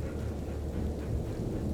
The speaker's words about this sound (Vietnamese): Từng tia chớp lóe sáng trên bầu trời, sau đó là tiếng sét đánh xuống nền đất như trời giáng.